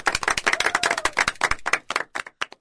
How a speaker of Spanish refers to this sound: Chicos, hasta la semana que viene. Un fuerte aplauso.